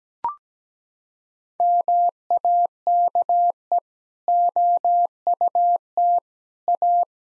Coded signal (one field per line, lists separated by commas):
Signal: Morse code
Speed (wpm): 17 wpm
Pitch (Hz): 700 Hz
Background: none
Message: MAKE OUT A